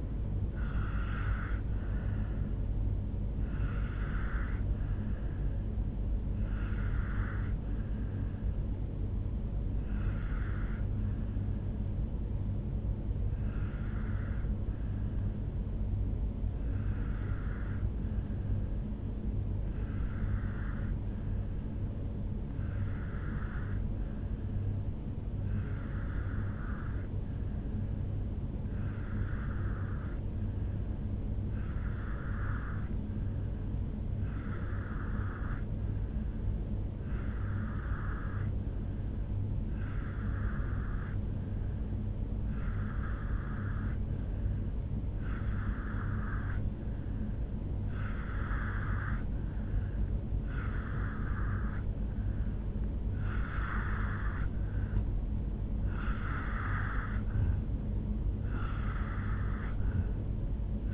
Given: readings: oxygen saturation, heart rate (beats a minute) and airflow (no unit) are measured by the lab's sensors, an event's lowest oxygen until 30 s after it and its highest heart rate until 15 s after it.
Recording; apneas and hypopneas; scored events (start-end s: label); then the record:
breathing in sleep by a smartphone at the bedside; 1
9.00-54.70 s: obstructive apnea (N1, oxygen 96% highest, then 87% lowest, heart rate 63 at the start, 78 highest)
21.00-51.00 s: new sleep stage, N2 (light sleep)
51.00-60.94 s: new sleep stage, N1 (lightest sleep)
From the record:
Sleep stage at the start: N1 (lightest sleep); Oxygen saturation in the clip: 86 to 96%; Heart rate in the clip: 62 to 77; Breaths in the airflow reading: 4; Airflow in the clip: -3.4 to 4.1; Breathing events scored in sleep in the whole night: 449 in 7.0 hours asleep